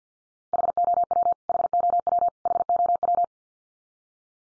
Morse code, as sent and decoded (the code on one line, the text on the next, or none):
.... --- .-- / .... --- .-- / .... --- .--
HOW HOW HOW